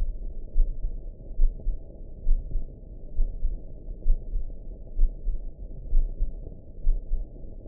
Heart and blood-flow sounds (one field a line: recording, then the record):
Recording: heart sounds by optical stethoscope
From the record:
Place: aortic valve (AV)